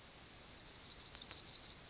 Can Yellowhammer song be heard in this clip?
yes